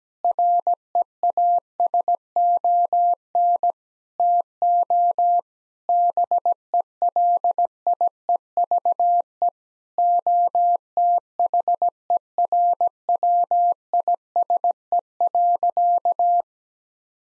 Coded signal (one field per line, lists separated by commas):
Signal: Morse code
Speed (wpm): 17 wpm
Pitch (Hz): 700 Hz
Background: none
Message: REASON TO BELIEVE OTHERWISE.